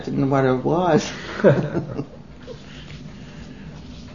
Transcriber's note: laughter